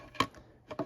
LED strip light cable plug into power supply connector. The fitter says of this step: Push it in until it clicks.